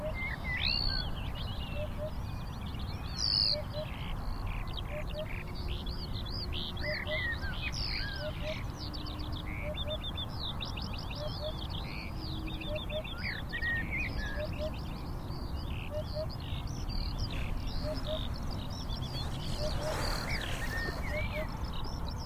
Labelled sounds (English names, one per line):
Eurasian Hoopoe